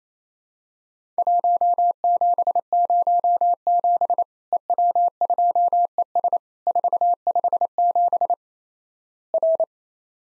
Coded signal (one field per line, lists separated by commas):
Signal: Morse code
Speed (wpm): 28 wpm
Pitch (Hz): 700 Hz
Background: none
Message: 1707 EW2ES 457 R